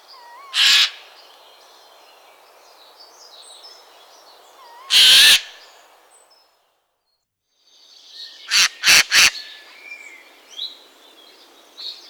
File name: geai Des Chenes